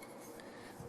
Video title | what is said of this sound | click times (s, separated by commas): The Odd Job Do'er Installs the Security Screen Door!! | and it kind of snaps into place slightly then | 0.4 s